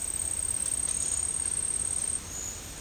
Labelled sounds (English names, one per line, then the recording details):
none
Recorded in secondary vegetation near Puerto Asís, Putumayo, Colombia, on 24 March 2025 at 11:00
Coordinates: 0.502, -76.326
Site G100